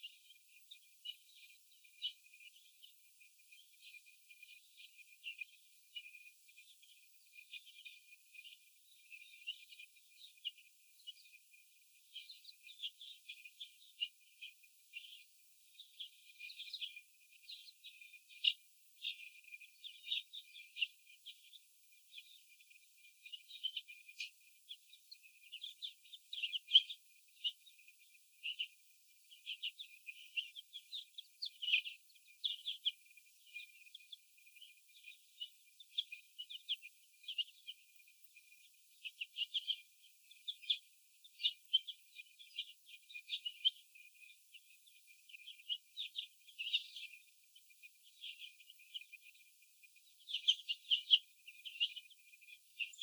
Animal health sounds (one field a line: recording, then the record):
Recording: young laying hens in a cage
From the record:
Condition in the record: after the stressor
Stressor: sudden umbrella opening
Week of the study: 2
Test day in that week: 1